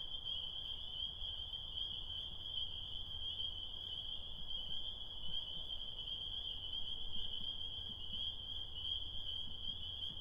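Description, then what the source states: Spring peepers, a massed chorus of high peeps fused into a continuous, even, ringing tone over a soft low rumble. Tiny frogs singing their desire on a spring night, heard while stopping on the way home from Connecticut.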